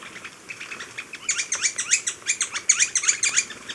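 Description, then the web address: Bar-bellied woodpecker calls: after a quiet start, a quick burst of high, sharp chirping notes repeated several times per second. Ecuador. "S America Birds of Ecuador. Bar-Bellied Woodpecker"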